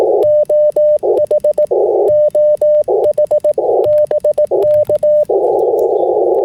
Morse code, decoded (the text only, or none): OH OH BK